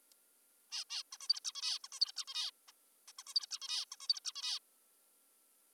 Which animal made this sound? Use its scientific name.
Taeniopygia guttata